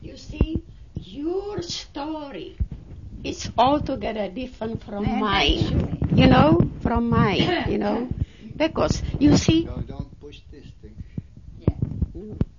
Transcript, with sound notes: You see, your story is altogether different from mine, you know, from mine, you know, because you see... (microphone noise) Don't push this thing.